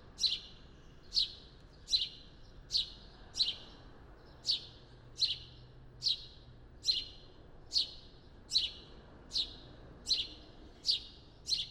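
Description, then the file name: House sparrow giving repeated sharp chirps, each a brief descending note, spaced fairly evenly a little under a second apart, with quiet low background noise. "Passer domesticus"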